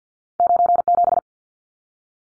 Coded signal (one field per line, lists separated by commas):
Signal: Morse code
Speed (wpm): 50 wpm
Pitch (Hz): 700 Hz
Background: none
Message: 97